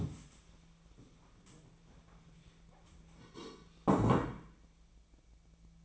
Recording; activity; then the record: daily activity, microphone in the room; stand up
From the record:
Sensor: 1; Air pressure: 1000.4 hPa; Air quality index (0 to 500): 180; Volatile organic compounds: 4 ppm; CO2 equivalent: 1664 ppm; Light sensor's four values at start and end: 12/29/12/14 and 12/29/12/14